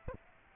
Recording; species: mosquito wingbeat signal from an infrared sensor; Aedes aegypti